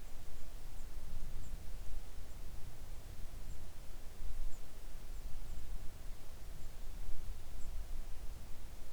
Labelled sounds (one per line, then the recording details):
songbird
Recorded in the Arctic National Wildlife Refuge, Alaska, on 3 August 2019 at 05:33
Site 41